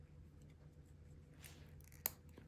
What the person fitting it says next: There, I love that little snap as it snaps into place.